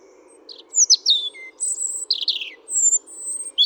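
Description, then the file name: European robin song: sharp, high descending slurs and long thin whistled notes alternate with brief pauses in a varied, liquid phrase sequence, over a faint low hum. "Erithacus rubecula"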